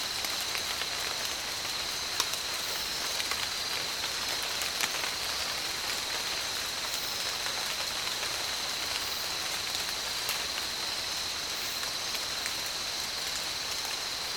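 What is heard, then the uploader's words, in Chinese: A tropical rainforest scene: a dense, steady patter like rain fills the whole fourteen seconds without letting up. A constant high, thin whine runs underneath, like insects, and scattered sharp ticks and drips break through now and then. 大自然的声音-热带雨林。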